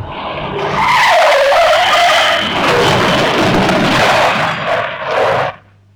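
car braking hard

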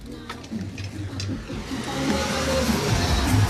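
car driving past

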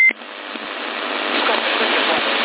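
CB radio roger beep

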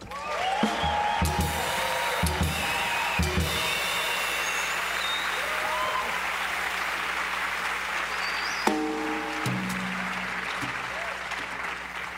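audience applause

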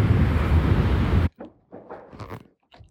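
strong wind

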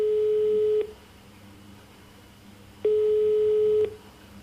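telephone ringing tone

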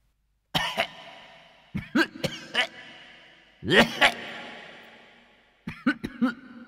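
coughing

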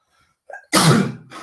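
sneeze

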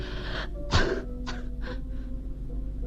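repeated coughing

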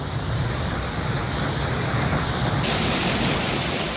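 roaring waterfall

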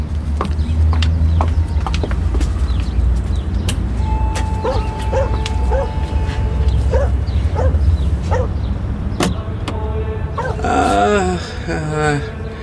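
dog barking

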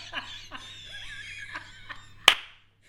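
hand clapping

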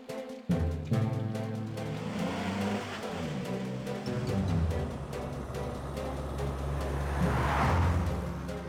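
car driving

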